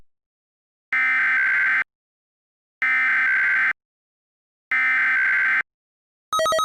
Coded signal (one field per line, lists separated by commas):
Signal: Emergency Alert System (SAME) tones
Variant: header bursts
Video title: some quick sarmex/eas bullheckery